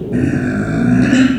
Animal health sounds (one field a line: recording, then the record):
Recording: squeal of a Yucatan mini pig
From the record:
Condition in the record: after surgery on the right vocal fold (resection and tissue-engineered implant)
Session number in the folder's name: 3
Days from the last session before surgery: 21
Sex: female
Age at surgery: 19 weeks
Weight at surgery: 25 kg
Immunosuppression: prednisolone